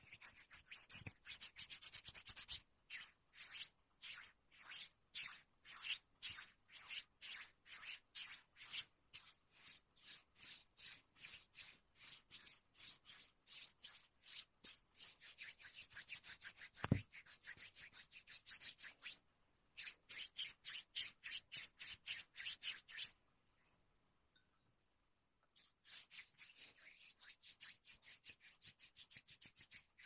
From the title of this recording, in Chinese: 摩擦肌肤的声音